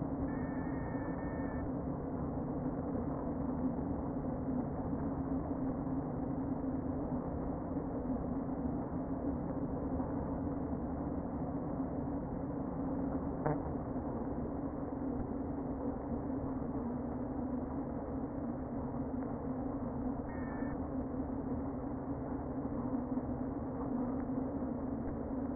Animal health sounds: honeybee colony, microphone inside the hive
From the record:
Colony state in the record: queen present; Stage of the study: before two queens were removed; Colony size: about 60,000 bees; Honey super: yes

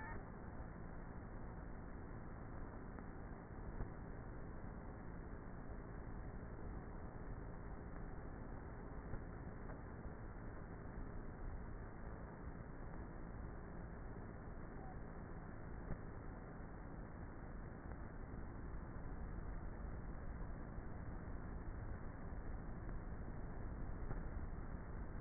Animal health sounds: honeybee colony, microphone inside the hive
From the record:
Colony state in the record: queenless with a low population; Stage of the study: before two queens were removed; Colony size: about 30,000 bees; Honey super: no

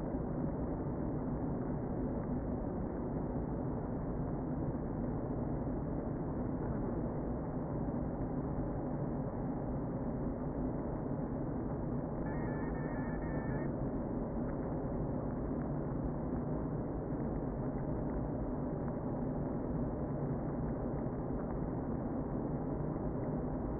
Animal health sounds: honeybee colony, microphone inside the hive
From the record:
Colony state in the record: queen present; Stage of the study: before two queens were removed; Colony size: about 60,000 bees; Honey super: yes

